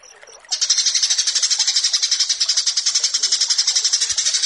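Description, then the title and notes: Horsfield's bush lark song: after a short quiet start, a continuous fast chatter of high, buzzy notes, about four per second, runs steadily to the end. Branjangan song paired with 'burger' as a tutor recording for kept songbirds. "Branjangan VS BURGER Masteran. burung BRANJANGAN"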